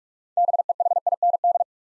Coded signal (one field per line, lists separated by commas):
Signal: Morse code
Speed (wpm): 44 wpm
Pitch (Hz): 700 Hz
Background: none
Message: BEHIND